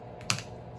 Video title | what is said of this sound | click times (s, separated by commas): How To Replace 07-14 Ford Expedition Windshield Wiper Arms | Down like that, they just kind of snap into place. | 0.3 s